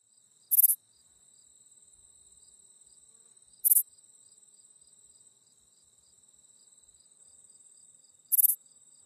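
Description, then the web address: Texas bush katydid song: short loud buzzy bursts a few seconds apart, with a faint rapid ticking hum running between them. "Songs of Insects. Texas Bush Katydid"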